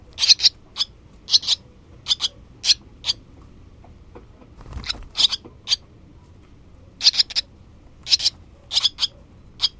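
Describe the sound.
Barn swallow calls: a rapid series of short, clipped high twittering notes, often paired, repeated irregularly throughout with brief pauses.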